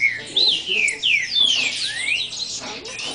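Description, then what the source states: Green-winged saltator song, a run of clear slurred whistles, some rising and some falling. Bird from Brazil.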